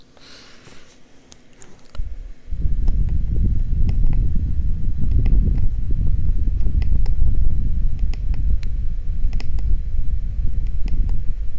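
Quiet at first, then from about two seconds a dense low rumble of rubbing and scratching against the ear, with light taps throughout.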